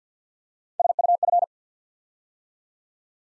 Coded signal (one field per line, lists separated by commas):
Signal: Morse code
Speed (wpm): 50 wpm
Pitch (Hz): 700 Hz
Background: none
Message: SUF